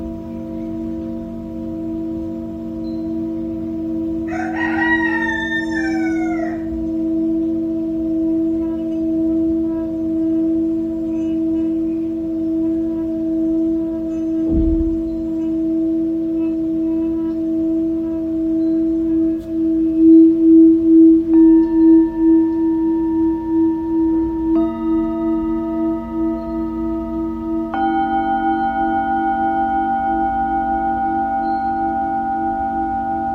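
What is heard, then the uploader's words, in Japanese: Tibetan singing bowls hum in a steady, layered drone throughout, with a low warm tone and soft beating. A rising birdlike chirp appears near five seconds and a dull knock around fifteen. New bowls are struck near twenty-one, twenty-five and twenty-eight seconds, adding bright ringing tones. チベタンシンキングボールのサウンドヒーリング。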